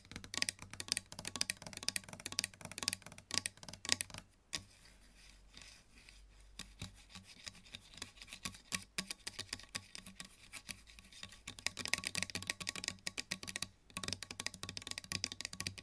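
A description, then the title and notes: Long nails scratch and tap, with rapid, crisp scraping strokes and dense clicks that fill the first four seconds. After a brief pause the sound turns quieter and softer, then busy, bright scratching builds again toward the end. ASMR Sleep Triggers - Brain Melting Scratching , Tapping , Massage Long Nails No Talking.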